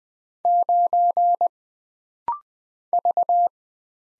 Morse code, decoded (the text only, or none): 9 V